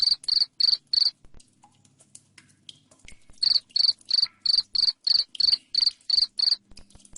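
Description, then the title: Cricket calls in two bursts of rapid shrill chirps, about three per second, separated by a two-second lull with faint ticking. Loud cricket chirping played to make lovebirds sing continuously (ngekek). "Suara JANGKRIK NGERIK Keras Bikin LOVEBIRD Jadi NGEKEK Terus Vubey"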